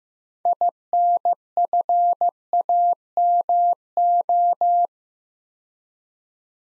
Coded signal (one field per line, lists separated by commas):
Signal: Morse code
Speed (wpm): 15 wpm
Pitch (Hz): 700 Hz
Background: none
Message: INFAMO